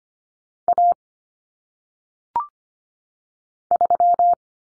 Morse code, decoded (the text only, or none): A 3